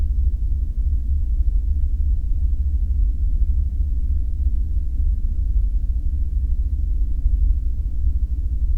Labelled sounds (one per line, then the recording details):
machinery
flare stack
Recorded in the Prudhoe Bay oil fields, Alaska, on 5 September 2019 at 00:04
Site 14